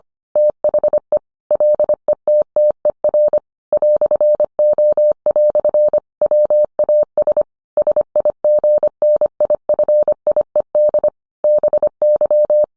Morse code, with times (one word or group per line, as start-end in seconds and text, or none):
0.4-1.2 THE
1.5-3.4 LETTER
3.7-6.0 "O"
6.2-7.4 WAS
7.8-11.1 SIGNIFIED
11.4-12.6 BY